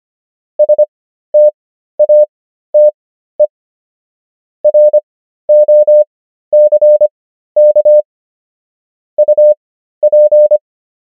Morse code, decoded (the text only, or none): STATE ROCK UP